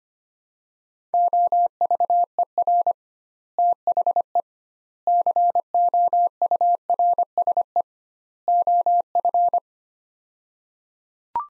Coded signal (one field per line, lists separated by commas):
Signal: Morse code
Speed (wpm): 25 wpm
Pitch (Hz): 700 Hz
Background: none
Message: OVER THE COURSE OF